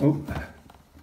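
An electronic bidet toilet seat is being placed onto its plastic mounting plate on the toilet bowl while someone talks briefly, followed by faint handling noises. Nothing has seated or clicked yet.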